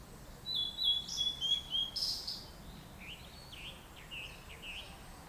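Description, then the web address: Blue-and-white flycatcher song: a run of high, clear whistled notes in the first two seconds, then softer slurred whistles trailing off over steady background hiss. Recorded 29 April 2008. "tosaka. ooruri"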